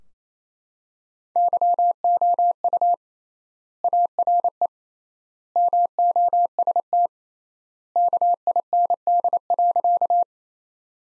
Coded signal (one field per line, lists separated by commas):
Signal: Morse code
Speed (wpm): 28 wpm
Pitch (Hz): 700 Hz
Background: none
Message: YOU ARE MOST KIND.